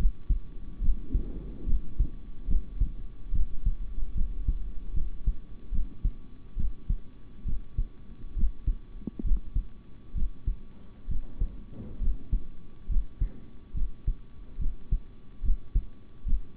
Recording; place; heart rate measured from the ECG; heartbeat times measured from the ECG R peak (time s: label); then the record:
heart sounds by stethoscope; between the tricuspid and mitral areas; 70 bpm
0.80 s: heartbeat
1.65 s: heartbeat
2.47 s: heartbeat
3.32 s: heartbeat
4.14 s: heartbeat
4.93 s: heartbeat
5.71 s: heartbeat
6.56 s: heartbeat
7.45 s: heartbeat
8.35 s: heartbeat
9.23 s: heartbeat
10.14 s: heartbeat
11.07 s: heartbeat
12.00 s: heartbeat
12.88 s: heartbeat
13.73 s: heartbeat
14.58 s: heartbeat
15.42 s: heartbeat
16.25 s: heartbeat
From the record:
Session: rest, sitting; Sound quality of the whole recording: good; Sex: male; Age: 26 years